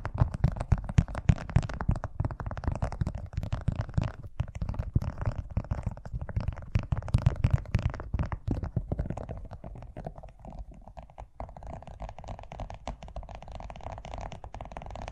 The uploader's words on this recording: ASMR Braingasm Inducing Fast Tapping (No Talking).